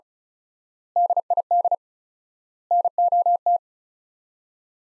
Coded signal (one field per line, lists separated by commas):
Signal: Morse code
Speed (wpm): 36 wpm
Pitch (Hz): 700 Hz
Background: none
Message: DID NOT